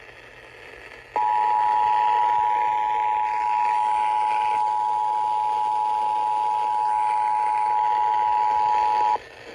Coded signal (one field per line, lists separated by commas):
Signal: Emergency Alert System (SAME) tones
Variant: 853 and 960 Hz attention tone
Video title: Scholastic Storms III: Spring Break Squall Line!!! (EAS Alerts from 4/5/23) EAS #52-#60